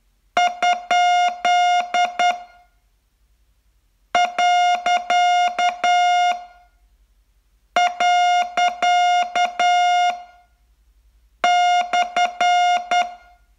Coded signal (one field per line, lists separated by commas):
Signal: Morse code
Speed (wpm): 8 wpm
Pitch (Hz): 710 Hz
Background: music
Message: ? . . /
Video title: Learn Morse in 42 Days from VU2LAU - day 42